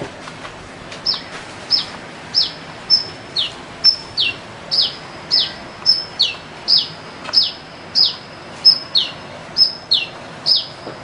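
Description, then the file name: Sunbird giving a long series of high, thin, downward-slurred chips in quick succession, steady and insistent against faint background noise. "suara burungmadu dialam"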